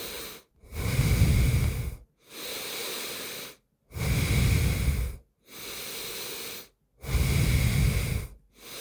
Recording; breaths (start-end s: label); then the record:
nose breathing near a microphone
0.00-0.29 s: inhalation
0.29-1.99 s: exhalation
1.99-3.64 s: inhalation
3.64-5.19 s: exhalation
5.19-6.69 s: inhalation
6.69-8.29 s: exhalation
8.29-8.81 s: inhalation
From the record:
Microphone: phone